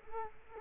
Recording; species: mosquito wingbeat signal from an infrared sensor; Culex quinquefasciatus